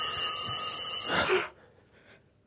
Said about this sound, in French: Soudain, la sonnerie se met à hurler dans la nuit. Dehors, pas un bruit. Dedans, pas un bruit. Rien que la sonnerie du téléphone qui hurle dans la nuit.